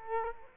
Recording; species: mosquito wingbeat signal from an infrared sensor; Culex quinquefasciatus